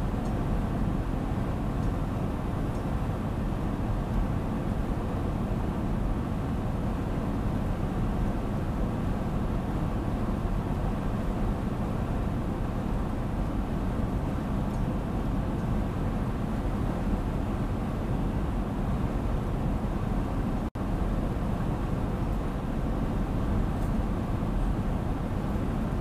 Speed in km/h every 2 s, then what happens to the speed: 92, 92, 92, 92, 92, 92, 94, 93, 93, 93, 93, 93, 92.
0-26 steady at about 92.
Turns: none.